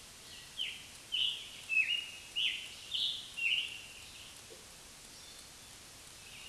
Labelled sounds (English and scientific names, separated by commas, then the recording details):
Scarlet Tanager (Piranga olivacea) song
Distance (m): 25 m
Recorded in a Pennsylvania forest on 1 June 2023 at 05:54
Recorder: AudioMoth, point grid3_2_high
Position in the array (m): 131 m, 6 m